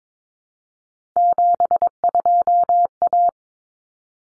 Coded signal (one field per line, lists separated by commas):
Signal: Morse code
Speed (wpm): 22 wpm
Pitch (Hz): 700 Hz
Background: none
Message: 72A